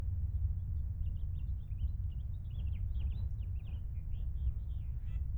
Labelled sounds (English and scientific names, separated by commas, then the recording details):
House Finch (Haemorhous mexicanus) song
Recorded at Wantagh on Long Island, New York, on 21 May 1975
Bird C